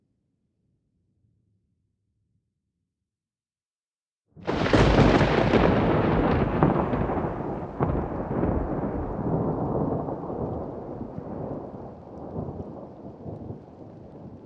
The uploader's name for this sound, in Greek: Κεραυνός στη θάλασσα